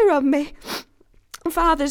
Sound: sniffing